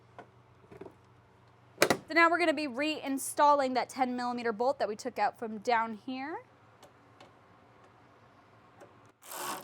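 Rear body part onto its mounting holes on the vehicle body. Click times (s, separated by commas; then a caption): 0.2 s. With its holes already lined up, a rear trim piece is pressed onto its mounting holes on a Bronco's body and clicks into place at 0.2 s, followed by a softer knock at 0.8 s. Someone then talks, a couple of faint taps follow around 6.8 and 7.2 s, and a brief rustling closes the clip.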